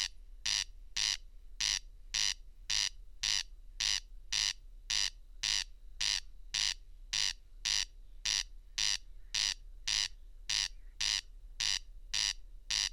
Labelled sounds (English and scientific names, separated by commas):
Corn Crake (Crex crex) song